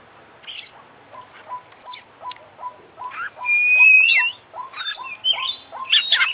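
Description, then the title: Oriental magpie-robin singing a series of clipped repeated notes, then a bright whistled glide near the middle followed by harsher, denser chattering phrases. Indonesian kacer in songbird contest context, international champion bird singing vigorously (gacor), full fill-in (isian) repertoire song, intended for training other birds. "Kicau Mania - Full Isian Juara Internasional Burung KACER Gacor"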